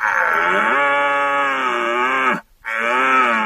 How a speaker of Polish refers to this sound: Natomiast jelenie byki, czując rujne łanie, podążając za chmarą, w początku rykowiska ryczą tęsknie.